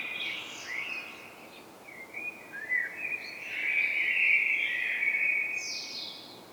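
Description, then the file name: Common blackbird giving sustained fluty whistles with wavering pitch, building to a louder, richer phrase in the second half, over low hiss. "Turdus merula"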